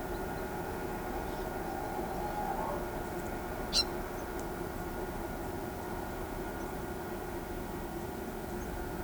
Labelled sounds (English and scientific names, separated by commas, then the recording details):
Ochre-lored Flatbill (Tolmomyias flaviventris)
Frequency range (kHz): Ochre-lored Flatbill (Tolmomyias flaviventris) 1.9-15.5 kHz
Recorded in pastures near Pivijay, Magdalena, Colombia, on 15 April 2023 at 12:30
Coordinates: 10.456, -74.369
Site P6-G026